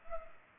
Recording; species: mosquito wingbeat signal from an infrared sensor; Culex pipiens